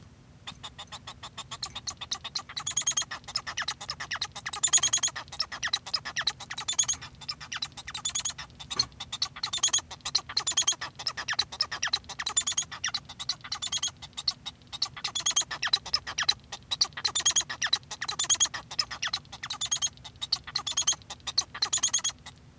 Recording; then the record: song of a male Bengalese finch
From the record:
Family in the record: son of father 1